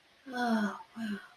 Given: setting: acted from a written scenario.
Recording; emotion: vocal sound without words; serenity